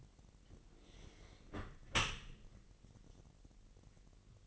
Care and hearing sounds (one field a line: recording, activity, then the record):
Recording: daily activity, microphone in the room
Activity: close dishwasher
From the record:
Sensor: 4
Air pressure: 1001.3 hPa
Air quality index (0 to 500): 249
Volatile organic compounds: 45 ppm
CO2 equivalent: 3229 ppm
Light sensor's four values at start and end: 7/16/6/6 and 8/18/7/6